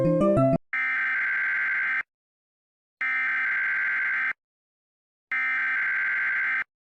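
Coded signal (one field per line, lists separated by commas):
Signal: Emergency Alert System (SAME) tones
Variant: header bursts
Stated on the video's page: Fictional EAS scenario, not a real alert.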